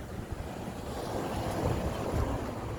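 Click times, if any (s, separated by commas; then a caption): none. A plastic side marker light housing on a 1997–2003 Ford F150 is moved around by hand to line up its tabs with the truck's fender opening before it is pushed home. There is a steady, rumbling, wind-like broadband noise with soft low handling bumps around 1.7 and 2.2 seconds. Nothing has seated or clicked yet.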